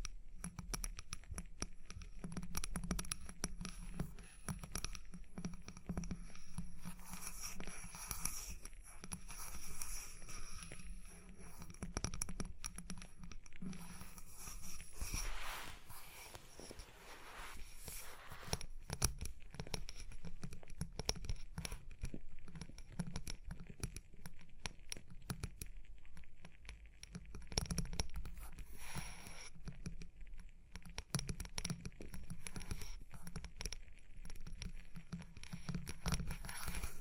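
Busy tapping and scratching runs through the whole recording, a dense stream of quick, irregular clicks and rubbing strokes. Bursts grow louder around 15 and 28 seconds, and a low steady hum sits underneath, with a faint high whine throughout.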